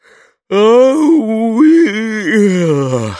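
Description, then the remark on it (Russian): A dog named Bo, lying behind garden swings, lets out a loud, drawn-out yawn, a whining, moaning tone that wavers in pitch for nearly three seconds before sliding down at the end, then thumps its tail, with no talking. “Громко зевнул Бо и постучал хвостом.”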